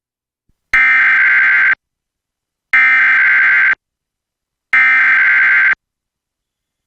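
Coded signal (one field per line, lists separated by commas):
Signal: Emergency Alert System (SAME) tones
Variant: header bursts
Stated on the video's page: EAS interruptions within TV severe weather coverage, captured off-air during a nearby tornado.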